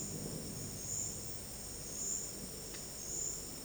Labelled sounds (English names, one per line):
none